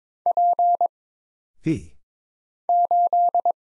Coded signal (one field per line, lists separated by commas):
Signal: Morse code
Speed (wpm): 22 wpm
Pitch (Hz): 700 Hz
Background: none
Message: P 8